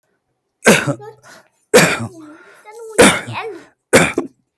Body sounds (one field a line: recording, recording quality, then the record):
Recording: heavy voluntary cough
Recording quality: excellent, no background noise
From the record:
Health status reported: healthy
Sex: male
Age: 38 years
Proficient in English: yes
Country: India